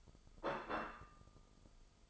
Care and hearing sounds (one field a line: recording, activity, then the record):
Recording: daily activity, microphone in the room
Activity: place plate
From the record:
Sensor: 5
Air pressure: 995.4 hPa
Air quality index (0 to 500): 86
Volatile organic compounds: 4 ppm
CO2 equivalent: 1592 ppm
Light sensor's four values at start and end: 27/66/26/26 and 27/67/27/27